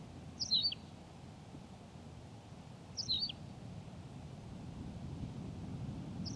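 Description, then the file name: Tawny pipit song: a high, clipped falling phrase given twice, about two and a half seconds apart, with soft low rumble beneath. "Pipit rousseline Anthus campestris"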